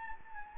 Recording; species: mosquito wingbeat signal from an infrared sensor; Anopheles gambiae